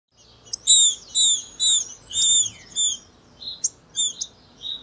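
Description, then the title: Green-winged saltator song: a rapid series of bright, clear notes with ringing overtones, about two per second, then softer shorter notes trailing off. Female singing a male-like song (macheando), in season. "FÊ MEA DE TRINCA FERRO MACHEANDO. TRINCA FERRO CHIQUINHA NA TEMPORADA"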